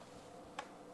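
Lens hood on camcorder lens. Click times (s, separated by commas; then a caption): 0.6 s. A plastic lens hood is lined up by its red mark on the lens of a Sony PXW Z90 camcorder and twisted a quarter turn until it locks. A single short, sharp click sounds at 0.6 s over a steady low background. The hood is seated and locked in place.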